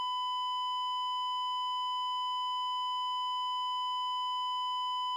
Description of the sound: Medical Heart Monitor Flatline.